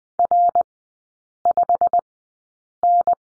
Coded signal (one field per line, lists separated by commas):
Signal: Morse code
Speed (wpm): 20 wpm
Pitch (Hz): 700 Hz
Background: none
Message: R5N